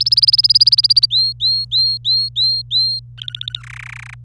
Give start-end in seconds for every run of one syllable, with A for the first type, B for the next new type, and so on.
0.00-1.06 A, 1.10-2.99 B, 3.18-3.60 C, 3.64-4.14 D